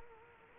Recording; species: mosquito wingbeat signal from an infrared sensor; Culex quinquefasciatus